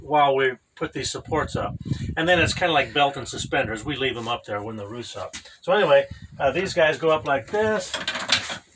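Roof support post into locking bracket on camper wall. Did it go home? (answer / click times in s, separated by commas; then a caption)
no / none. Someone talks while handling a roof support post on a pop-up camper hard-side conversion, raising it toward a locking bracket on the camper wall, where it will snap into place with a small lock. A short, sharp sound comes near the end at 8.3 s, but nothing has seated or clicked yet.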